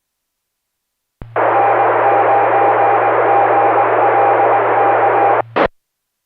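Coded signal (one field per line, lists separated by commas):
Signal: Morse code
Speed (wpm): 19 wpm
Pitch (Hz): 800 Hz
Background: radio noise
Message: N9GLK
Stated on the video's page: Weekly net on a 2 m repeater with 114.8 PL tone, minus offset, sometimes on another repeater with plus offset.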